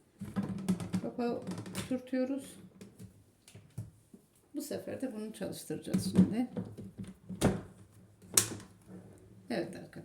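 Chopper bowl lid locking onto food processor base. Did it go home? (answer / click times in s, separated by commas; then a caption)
yes / 8.4 s. Someone talks while a chopping bowl's lid, or lock cover, is pressed and turned onto a 2500 W food processor with a long blender stand and six blades. A sharp click is heard at 8.4 seconds as the chopper bowl lid locks into place on the base.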